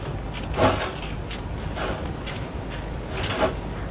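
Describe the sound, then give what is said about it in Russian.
A door rattles and bumps as it's worked open or shut, with a few dull knocks and scraping clatters spread over several seconds against a steady background hum. “Что-то с дверями такой неприятный случай.”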